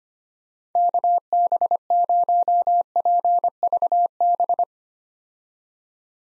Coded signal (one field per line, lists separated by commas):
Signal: Morse code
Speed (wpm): 25 wpm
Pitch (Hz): 700 Hz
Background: none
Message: KB0PVB